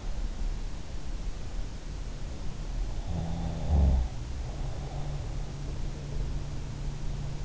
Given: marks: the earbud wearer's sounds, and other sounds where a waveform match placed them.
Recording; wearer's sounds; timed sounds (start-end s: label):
sounds in sleep by an in-ear microphone; snoring breath
3.05-5.04 s: snoring breath